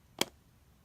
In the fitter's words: you really have to hear that super satisfying click ready okay